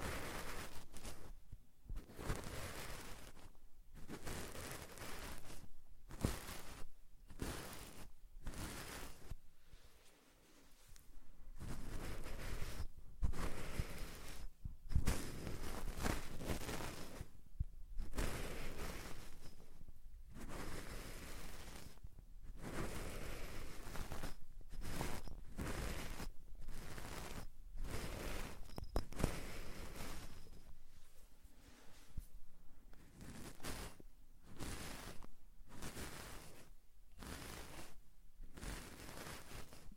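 Deep ear cleaning: dense, rapid scratching and crackling rubs fill the clip, with a brief quieter pause near ten seconds.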